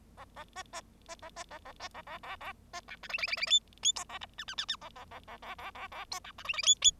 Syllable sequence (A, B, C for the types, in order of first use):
A A B B B A B A A B A A A A B C D E E E E F F G A H I I I I A A A A A A A A G C D E E F F